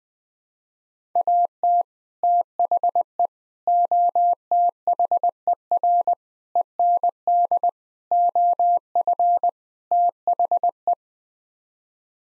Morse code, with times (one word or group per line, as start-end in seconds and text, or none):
1.2-1.8 AT
2.2-3.3 THE
3.7-6.1 OTHER
6.6-7.7 END
8.1-9.5 OF
9.9-10.9 THE